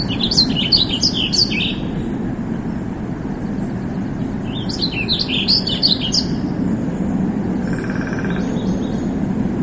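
Warbling Vireo song: two rapid, rambling warbled phrases of high, twisting notes, each about two seconds long, over a steady low traffic rumble, with a faint trill near the end.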